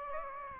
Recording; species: mosquito wingbeat signal from an infrared sensor; Aedes aegypti